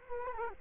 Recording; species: mosquito wingbeat signal from an infrared sensor; Culex quinquefasciatus